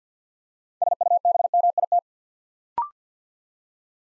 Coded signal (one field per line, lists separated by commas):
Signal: Morse code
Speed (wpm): 50 wpm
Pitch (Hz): 700 Hz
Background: none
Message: SUBMIT